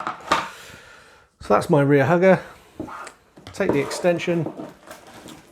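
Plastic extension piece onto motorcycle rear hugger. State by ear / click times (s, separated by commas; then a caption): not seated / none. A plastic extension piece is being handled at the rear hugger of a motorcycle while someone talks, with a few light knocks and handling sounds between the words. The clip ends before the extension goes on, so nothing has seated or clicked yet.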